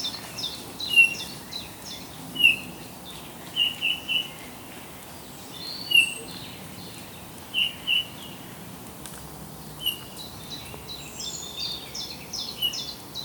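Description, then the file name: Eurasian bullfinch giving several brief, mellow piped calls, some doubled, with fainter, higher twittering throughout. "Pyrrhula pyrrhula"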